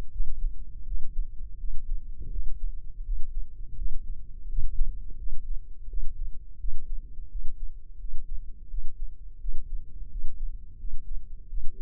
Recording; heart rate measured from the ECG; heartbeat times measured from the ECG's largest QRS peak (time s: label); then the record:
heart sounds by microphone in the left ear; 84 bpm
0.10 s: heartbeat
0.85 s: heartbeat
1.58 s: heartbeat
2.30 s: heartbeat
3.03 s: heartbeat
3.75 s: heartbeat
4.47 s: heartbeat
5.17 s: heartbeat
5.87 s: heartbeat
6.58 s: heartbeat
7.29 s: heartbeat
7.98 s: heartbeat
8.68 s: heartbeat
9.39 s: heartbeat
10.09 s: heartbeat
10.78 s: heartbeat
11.48 s: heartbeat
From the record:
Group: healthy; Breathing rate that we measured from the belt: 20 breaths a minute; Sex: male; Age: 57 years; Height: 188 cm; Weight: 106 kg